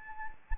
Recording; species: mosquito wingbeat signal from an infrared sensor; Anopheles arabiensis